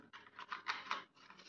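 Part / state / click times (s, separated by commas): smoke detector head into its mounting base / seated / 0.9 s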